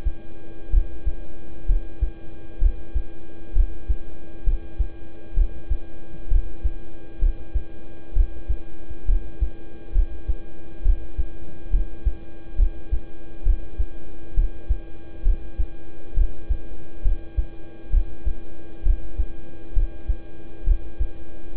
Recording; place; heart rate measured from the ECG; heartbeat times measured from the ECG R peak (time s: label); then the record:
heart sounds by stethoscope; between the tricuspid and mitral areas; 66 bpm
0.70 s: heartbeat
1.66 s: heartbeat
2.58 s: heartbeat
3.53 s: heartbeat
4.43 s: heartbeat
5.34 s: heartbeat
6.28 s: heartbeat
7.19 s: heartbeat
8.13 s: heartbeat
9.05 s: heartbeat
9.92 s: heartbeat
10.82 s: heartbeat
11.70 s: heartbeat
12.56 s: heartbeat
13.43 s: heartbeat
14.34 s: heartbeat
15.22 s: heartbeat
16.14 s: heartbeat
17.02 s: heartbeat
17.90 s: heartbeat
18.83 s: heartbeat
19.73 s: heartbeat
20.64 s: heartbeat
21.54 s: heartbeat
From the record:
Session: rest, lying down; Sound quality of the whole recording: good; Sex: male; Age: 26 years